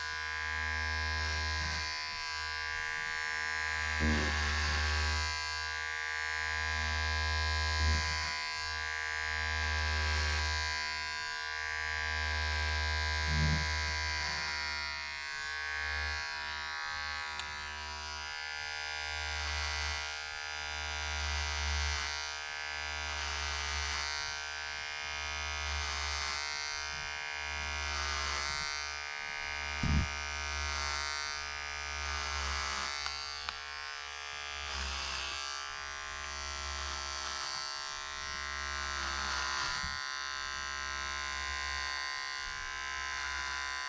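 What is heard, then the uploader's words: An electric hair clipper buzzes steadily throughout, a constant low hum with a bright whine layered above it. Its tone wavers slightly as it moves, and short clicks and bumps break through around 4, 8, 13 and 30 seconds. Salon Haircut Head Massage, Scissors and Clipper.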